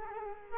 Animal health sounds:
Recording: mosquito wingbeat signal from an infrared sensor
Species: Culex quinquefasciatus

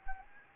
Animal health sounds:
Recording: mosquito wingbeat signal from an infrared sensor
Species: Anopheles gambiae

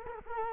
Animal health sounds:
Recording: mosquito wingbeat signal from an infrared sensor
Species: Culex quinquefasciatus

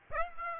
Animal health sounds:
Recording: mosquito wingbeat signal from an infrared sensor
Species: Aedes aegypti

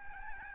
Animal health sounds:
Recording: mosquito wingbeat signal from an infrared sensor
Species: Aedes albopictus

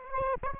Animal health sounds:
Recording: mosquito wingbeat signal from an infrared sensor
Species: Aedes aegypti

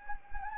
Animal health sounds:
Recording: mosquito wingbeat signal from an infrared sensor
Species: Anopheles gambiae

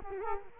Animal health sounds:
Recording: mosquito wingbeat signal from an infrared sensor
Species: Culex quinquefasciatus

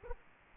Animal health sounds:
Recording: mosquito wingbeat signal from an infrared sensor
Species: Aedes aegypti

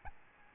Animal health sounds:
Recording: mosquito wingbeat signal from an infrared sensor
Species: Aedes albopictus

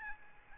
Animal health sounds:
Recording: mosquito wingbeat signal from an infrared sensor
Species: Aedes albopictus

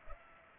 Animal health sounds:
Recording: mosquito wingbeat signal from an infrared sensor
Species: Culex pipiens

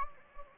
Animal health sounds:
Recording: mosquito wingbeat signal from an infrared sensor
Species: Anopheles gambiae

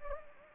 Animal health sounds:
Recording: mosquito wingbeat signal from an infrared sensor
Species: Anopheles gambiae

